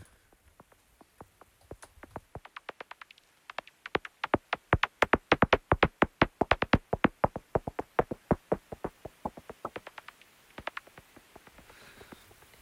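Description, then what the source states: Nathusius' pipistrelle echolocation calls: a long, rapid train of sharp clicks, sparse at first, then denser and louder, then fading away. Bat calls not heard this way in the field; compared to techno.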